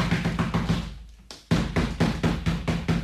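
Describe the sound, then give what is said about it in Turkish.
Loud, rapid pounding on the door of a house: a run of heavy, evenly spaced knocks, a brief pause, then another insistent burst of knocking with no voices. “Şu kapıyı çalalım bakalım.”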